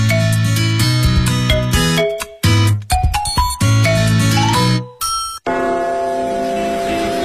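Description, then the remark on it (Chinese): Big Ben's clock tower bells ring out a slow melodic sequence of loud, resonant tones with brief pauses between phrases, then give way to a steady broad hiss. “大本钟的钟声，记载着时间的流逝。”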